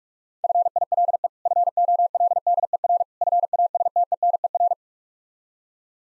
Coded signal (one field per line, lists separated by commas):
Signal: Morse code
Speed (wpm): 46 wpm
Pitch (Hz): 700 Hz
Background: none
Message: FILE FOLDER FASTENER